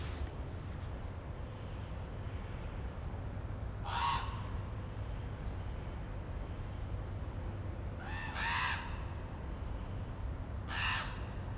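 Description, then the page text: Common raven giving three harsh, hoarse croaking calls spaced several seconds apart, over a steady low rumble of background noise. Recorded in Maryland. "Common Raven by Stephen John Davies via iNaturalist"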